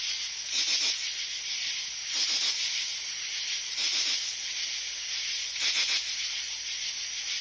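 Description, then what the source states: Cricket chirping in raspy, hissing bursts about every one and a half seconds over a steady high-pitched background drone. Crickets in a forest at night.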